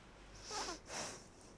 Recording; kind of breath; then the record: one breath in and out by a microphone near the nose and mouth; deep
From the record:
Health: marked as sick, illness not named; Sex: female